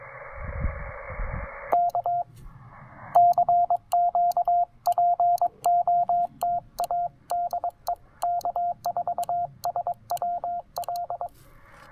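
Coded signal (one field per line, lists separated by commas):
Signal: Morse code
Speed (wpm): 22 wpm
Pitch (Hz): 700 Hz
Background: radio noise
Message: K CQ POTA DE K4SWL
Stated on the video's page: QRP Parks on the Air activation with a Penntek TR-45L transceiver, Elecraft AX3 antenna and Begali Traveler Morse key.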